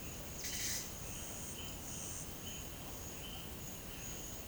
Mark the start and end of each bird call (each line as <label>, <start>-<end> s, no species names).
bird call, 0.29-0.92 s